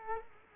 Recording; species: mosquito wingbeat signal from an infrared sensor; Culex quinquefasciatus